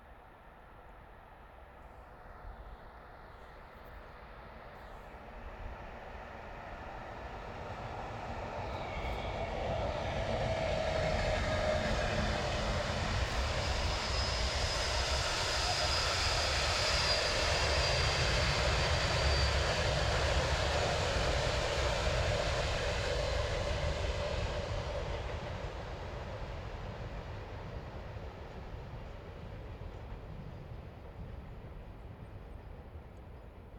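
A freight train with open wagons rolls past, its roar swelling from a low rumble over the first ten seconds to a broad, dense peak around 15 to 22 seconds, then easing off. Steady clattering and a faint squeal run through the passage.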